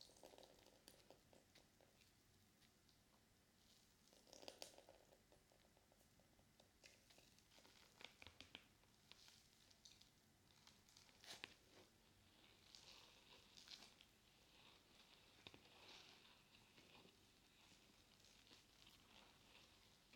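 Water, soap and a sponge make a steady wet, crackly rustle that fills the whole stretch. Brighter squishing bursts and small clicks break through now and then, notably around five, eight and eleven seconds, with softer foamy hissing swelling between them.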